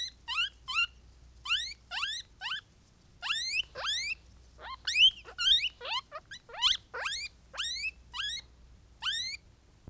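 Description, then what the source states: Guinea pig wheeking: shrill rising squeals with bright harmonics, given in short bursts with brief pauses. Hungry guinea pig, recorded close.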